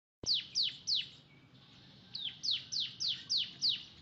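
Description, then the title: Oriental magpie-robin song: a run of sharp, high, downslurred whistled notes in two bursts, about three then six notes, each falling steeply, with a faint low hum underneath. "Kicau Kacer"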